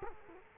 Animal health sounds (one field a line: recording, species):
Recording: mosquito wingbeat signal from an infrared sensor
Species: Culex quinquefasciatus